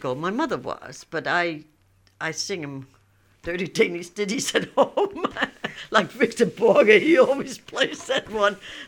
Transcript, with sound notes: My mother was, but I, I'd sing them, Thirty Danish Ditties at home. ( she laughs ) Like Victor Borga. He always plays that one.